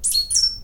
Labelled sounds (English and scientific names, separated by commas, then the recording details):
Stitchbird (Notiomystis cincta) song
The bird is a male
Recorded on Tiritiri Matangi Island, New Zealand, in 2005
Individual 22, of nest box 31